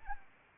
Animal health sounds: mosquito wingbeat signal from an infrared sensor; Anopheles arabiensis

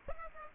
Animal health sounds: mosquito wingbeat signal from an infrared sensor; Aedes aegypti

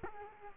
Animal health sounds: mosquito wingbeat signal from an infrared sensor; Culex quinquefasciatus

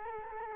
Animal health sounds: mosquito wingbeat signal from an infrared sensor; Culex quinquefasciatus

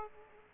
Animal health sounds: mosquito wingbeat signal from an infrared sensor; Aedes aegypti

